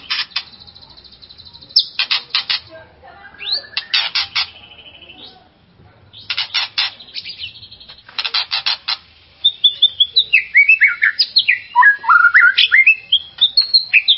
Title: murai batu